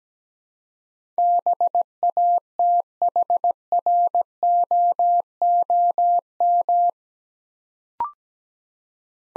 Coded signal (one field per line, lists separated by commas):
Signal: Morse code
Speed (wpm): 17 wpm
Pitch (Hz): 700 Hz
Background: none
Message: BATHROOM